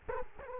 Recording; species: mosquito wingbeat signal from an infrared sensor; Culex quinquefasciatus